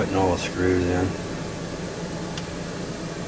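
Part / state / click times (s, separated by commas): component pressed into its mount on an RC excavator model / seated / 2.4 s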